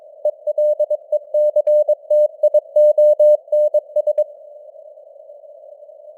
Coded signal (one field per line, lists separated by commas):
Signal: Morse code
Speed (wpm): 22 wpm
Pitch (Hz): 600 Hz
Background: none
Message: ELECTIONS